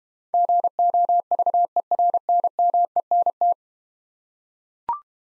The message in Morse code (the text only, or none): GOVERNMENT